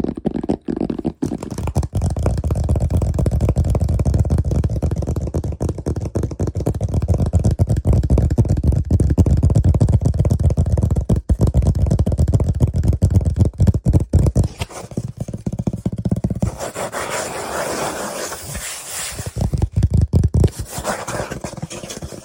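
Fast, aggressive tapping and scratching runs in a dense, rapid stream of sharp hits over a heavy low rumble for most of the clip. Around fifteen seconds it thins out, turning brighter and hissier with rougher scraping before the low thumping returns near the end.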